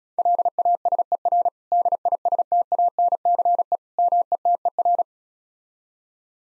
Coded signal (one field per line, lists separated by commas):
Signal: Morse code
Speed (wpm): 36 wpm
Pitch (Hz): 700 Hz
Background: none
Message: LASER DISTANCE METER